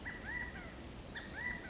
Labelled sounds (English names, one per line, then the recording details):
California Quail
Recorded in Sonoma County, California